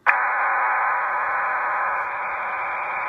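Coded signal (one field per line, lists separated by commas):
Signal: numbers station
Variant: HM01 digital burst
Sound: sudden onset of a steady, dense, hissing digital data warble filling the whole clip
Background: radio static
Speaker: That's the digital portion of the broadcast.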